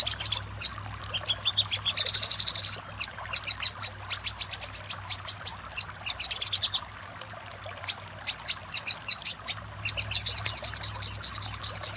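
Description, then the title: Little spiderhunter song of high, sharp chip notes at an uneven pace, with a few fast trilled bursts and short silences; low hum in the background. Master recording used for training cage birds. "Masteran Burung Sogok Ontong Labaik"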